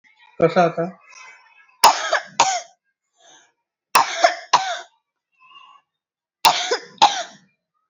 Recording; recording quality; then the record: heavy voluntary cough; excellent, no background noise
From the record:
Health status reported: healthy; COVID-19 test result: negative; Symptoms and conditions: cough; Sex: female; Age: 29 years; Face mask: not worn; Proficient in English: yes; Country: India